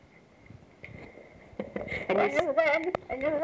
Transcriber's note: chuckles